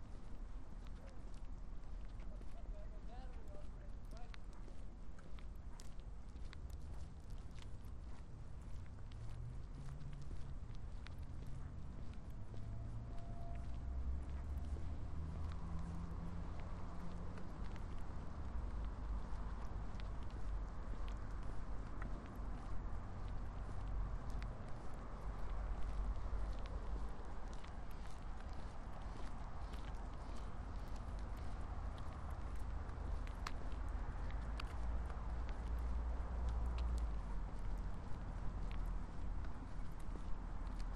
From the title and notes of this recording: Soundwalk: A walk through Marpole. The southern tip of Marpole is a gateway into the lower mainland and intersects important nodes of transportation by land, air and water.